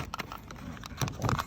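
A replacement plastic power-window switch with a dimmer light is pushed into the door switch panel of a Vios, Yaris or Altis, lining up on its three locating points. A sharp click sounds at 0.1 s, followed by more light plastic clicks and knocks. The switch seats, with its locks fitting and nothing out of place.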